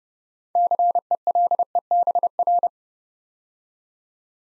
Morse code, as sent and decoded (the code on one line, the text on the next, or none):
-.-. . .-.. . -... .-.
CELEBR